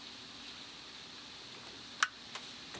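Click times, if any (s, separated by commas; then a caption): 2.0 s. During a late-night radiator repair on an Iroc with a blown radiator, an unnamed clip-in part of the car's cooling system is pressed into place. Over a steady hiss, it snaps in with one sharp, bright click at 2.0 s, followed by a much fainter tick near 2.4 s. The part is seated.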